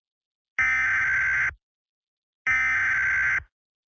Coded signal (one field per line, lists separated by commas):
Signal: Emergency Alert System (SAME) tones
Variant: header bursts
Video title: Brookhaven EAS broadcast